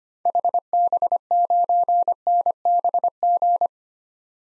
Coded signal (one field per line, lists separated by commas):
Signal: Morse code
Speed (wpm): 25 wpm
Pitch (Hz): 700 Hz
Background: none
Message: HB9NBG